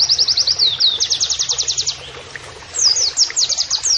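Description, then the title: White-eye giving a quick run of high, evenly repeated notes, a short pause, then a jerkier burst of twisting high notes. Pleci masteran training audio, song style shooting canary-like phrases. "Pleci Gacor. MASTERAN PLECI NEMBAK KENARIAN"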